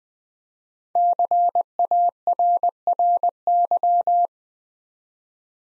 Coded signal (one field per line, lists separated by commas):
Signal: Morse code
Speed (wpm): 20 wpm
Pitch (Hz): 700 Hz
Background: none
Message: CARRY